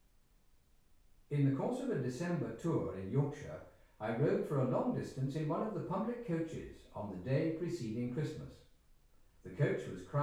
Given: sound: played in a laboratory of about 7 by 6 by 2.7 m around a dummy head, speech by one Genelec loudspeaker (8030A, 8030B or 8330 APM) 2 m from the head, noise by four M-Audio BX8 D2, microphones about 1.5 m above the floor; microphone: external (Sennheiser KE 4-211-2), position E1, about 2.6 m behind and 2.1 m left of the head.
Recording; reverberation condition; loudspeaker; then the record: male speech in English; medium; behind (180 degrees)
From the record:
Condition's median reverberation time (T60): about 510 ms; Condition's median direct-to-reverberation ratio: about -0.5 dB